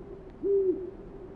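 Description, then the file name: Owl giving a single low, steady hoot lasting about a third of a second against faint background hiss. Recorded on 28 February 2009 at 04:05. "090228-0405 owls"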